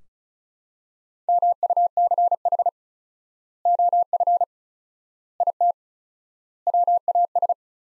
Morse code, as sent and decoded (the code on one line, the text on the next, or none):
-- ..- -.-. .... / --- ..-. / .. - / .-- .- ...
MUCH OF IT WAS